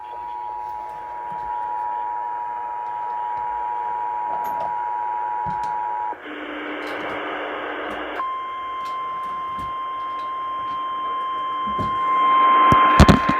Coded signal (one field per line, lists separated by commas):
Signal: Emergency Alert System (SAME) tones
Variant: 853 and 960 Hz attention tone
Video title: Part 3 of the flooding Madness EAS#264-282 8/14/20